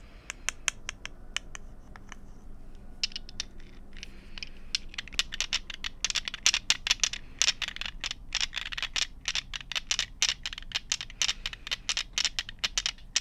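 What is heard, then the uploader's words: Small hard objects clack and tick together as someone rummages through a bag of nail polish and gathers up marbles. The sharp, bright clicks start sparse, then grow denser and louder after about six seconds, mixed with light scraping over a low, steady hum. Mainly glass and metals. Rummaging through a bag of nail polish. Gathering up a handful of marbles.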